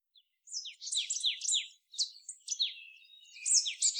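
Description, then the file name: Marsh tit calls, bright high chirps and falling slurred notes in quick clusters, pausing briefly near two seconds, then resuming with a buzzy stretch and more chirps. "Poecile palustris"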